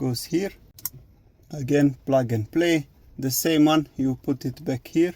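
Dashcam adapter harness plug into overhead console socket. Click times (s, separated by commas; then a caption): 0.9 s. A dashcam kit's adapter harness plug is pushed into a car's overhead console socket and seats with a short, sharp click at 0.9 s. Someone talks before and after the click.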